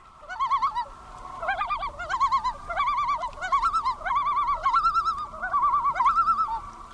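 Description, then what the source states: Common loon tremolo: rapid, quavering notes with fast wavering pitch, given in several bursts one after another. Tremolo call, one of the common loon's repertoire of calls; loons vary the intensity of their tremolos depending on the situation.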